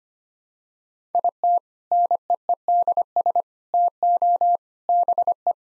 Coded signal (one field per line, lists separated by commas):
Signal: Morse code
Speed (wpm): 25 wpm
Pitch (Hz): 700 Hz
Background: none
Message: IT NEEDS TO BE